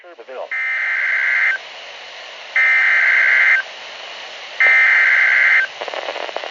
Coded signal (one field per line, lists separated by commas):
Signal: Emergency Alert System (SAME) tones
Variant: header bursts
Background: speech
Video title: EAS Tornado Warning Columbia, SC 05/23/2020 EAS#48